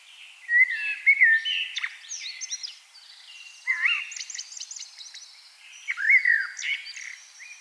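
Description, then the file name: Common blackbird singing mellow fluted phrases that end in squeaky high twitters, three phrases spaced a few seconds apart. "Turdus merula"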